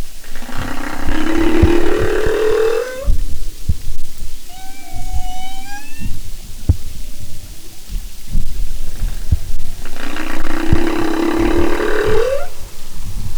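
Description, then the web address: Humpback whale moans: deep harmonic groans sweeping upward, opening and closing the passage, with a rising whistled call and low clicks between them. "Marine Mammals humpback"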